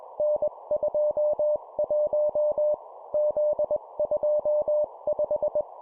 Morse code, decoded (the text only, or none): N21 Z25